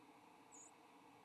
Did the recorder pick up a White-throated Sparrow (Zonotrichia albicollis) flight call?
yes